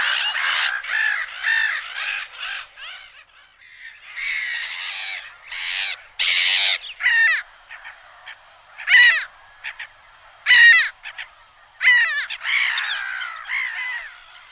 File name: canto gaviota reidora